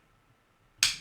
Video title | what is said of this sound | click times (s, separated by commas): BANANE CHABRAND UNBOXING FR | s'éclipse faut forcer un petit peu il | 0.8 s